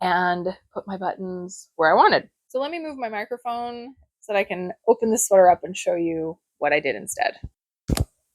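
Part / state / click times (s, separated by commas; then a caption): sew-on snap fastener on a knitted cardigan button band / released / 7.9 s, 8.0 s. Someone talks, then pulls a knitted cardigan front open, and a metal sew-on snap fastener hidden behind a decorative button on the button band, used instead of standard buttonholes, pops apart. Two sharp snap clicks are heard at 7.9 s and 8.0 s, and the snap is released.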